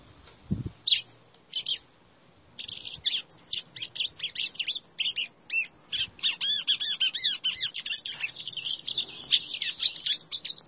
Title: Canto Do Golinha